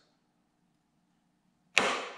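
A JD-WA tractor's flywheel is turned slowly with the magneto fitted, preloading the spring-loaded steel impulse coupling until it trips. After a faint low hum, one sharp, loud metallic snap comes at 1.8 s and rings down over the last half second. The impulse coupling has snapped over and released.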